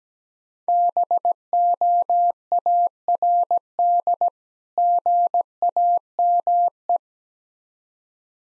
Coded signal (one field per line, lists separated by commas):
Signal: Morse code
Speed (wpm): 17 wpm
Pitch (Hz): 700 Hz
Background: none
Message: BOARD GAME